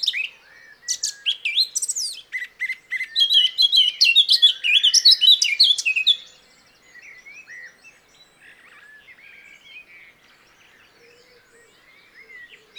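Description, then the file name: Eurasian blackcap song: a fast, scratchy warble of high varied notes lasting about six seconds, then fainter soft notes. "Sylvia atricapilla"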